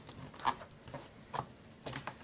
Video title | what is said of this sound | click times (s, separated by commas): How to setup SATA 3 and USB 8TB external hard drive Orico/Seagate | so it locks into place. | 1.4 s